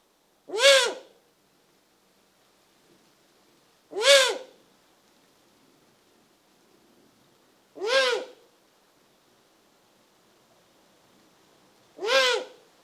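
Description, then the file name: Eurasian eagle-owl repeating a harsh, rasping arched call four times, about every three to four seconds, with silence between calls. Recorded close. "Digiffects Sound Effects Library - Close Eagle Owl"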